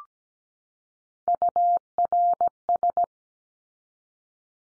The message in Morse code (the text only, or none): URS